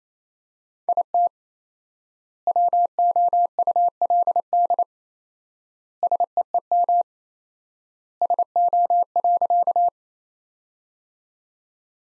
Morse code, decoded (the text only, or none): IT WOULD SEEM SO.